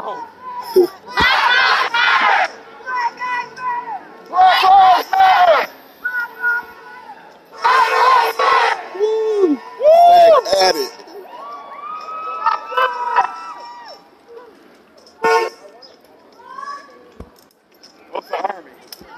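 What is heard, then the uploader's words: A protest crowd in a city square, with loud bursts of shouting and chanting voices at about 1, 4.5, 8 and 10 seconds. Between the bursts, scattered talk, calls and whistles carry on, with sharp claps or knocks near 15 and 18 seconds. Niagara Square Protest in Downtown Buffalo. Protest in response to Police Brutality in the City of Buffalo.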